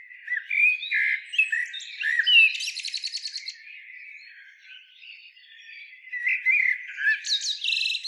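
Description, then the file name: Common blackbird song: a run of varied chirps and twitters between mid and high pitch, with a buzzy rattling burst near three seconds and another squeaky flourish at the end. "Turdus merula"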